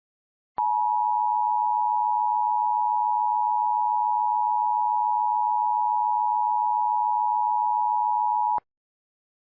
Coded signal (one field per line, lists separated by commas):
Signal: Emergency Alert System (SAME) tones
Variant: 853 and 960 Hz attention tone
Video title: Maryland Emergency Alert System - Child Abduction Emergency (February 23, 2023)